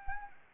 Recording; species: mosquito wingbeat signal from an infrared sensor; Anopheles arabiensis